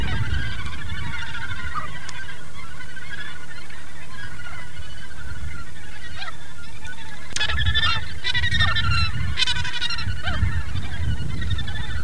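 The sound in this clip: Gannets giving rasping calls, scattered and softer at first, then a sudden loud burst of harsh overlapping cries after about seven seconds, over a low rumble.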